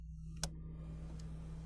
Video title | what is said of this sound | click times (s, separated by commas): 2016-18 Camaro LT 3.6L - Flowmaster Delta Force Cold Air Intake 615103 | now the quick disconnect fitting here we're going to go ahead and push it in until you hear it snap | 0.4 s